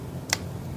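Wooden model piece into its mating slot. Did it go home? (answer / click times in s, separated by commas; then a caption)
yes / 0.3 s. A wooden piece of a music box model is pushed into its mating slot and snaps home with a single sharp click at 0.3 s, over a low steady background hum. The piece is seated.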